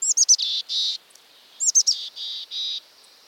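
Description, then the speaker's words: Mountain Chickadee call: two high chick-a-dee phrases, each a few quick, sharp notes followed by hoarse, husky buzzy dee notes, the second phrase with more buzzes. Husky voice; found among conifers in the Rocky Mountains. "Hike among conifers in the Rockies, and you'll be greeted by the husky voice of a mountain chickadee."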